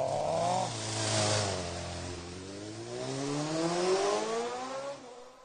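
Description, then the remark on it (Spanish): A voice imitates a motorcycle revving away, a buzzy engine-like drone that rises and falls in pitch across several seconds, fairly loud and steady with no other talk. “¡Ay, qué divina la moto! Vení, vamos a dar una vuelta. Y arrancaron.”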